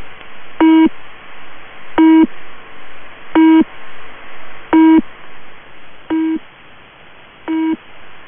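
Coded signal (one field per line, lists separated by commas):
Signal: channel marker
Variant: UVB-76 Low Pip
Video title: [UVB-76] The New "Low Pip" Channel Marker #uvb76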